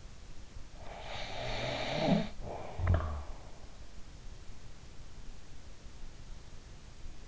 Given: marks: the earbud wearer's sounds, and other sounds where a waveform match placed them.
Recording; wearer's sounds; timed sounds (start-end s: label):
sounds in sleep by an in-ear microphone; snoring breath
0.95-3.42 s: snoring breath